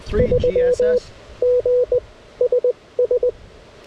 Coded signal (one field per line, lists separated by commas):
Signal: Morse code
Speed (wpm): 20 wpm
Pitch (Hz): 500 Hz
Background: speech, radio noise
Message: 3 G SS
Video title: KX1 Redux: CW POTA at K-5221